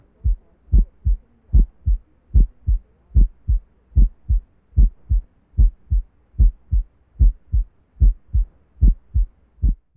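Regular paired adult heart sounds, a first and second sound in each cycle, at about 74 beats a minute with a steady rhythm. Faint low sound fills some of the gaps between beats.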